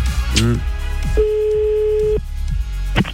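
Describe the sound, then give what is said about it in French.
A single steady ringback tone of an outgoing phone call to a woman in Bar-le-Duc, in the Meuse, France, a flat mid-pitched hum lasting about a second, with muffled sounds and brief bursts of voice around it. “Décroche ce téléphone, s'il te plaît.”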